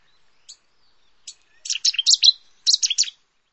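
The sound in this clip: Bird calls: two brief high chirps, then a quick burst of sharp, high twittering notes in two clusters near the end.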